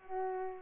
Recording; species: mosquito wingbeat signal from an infrared sensor; Culex pipiens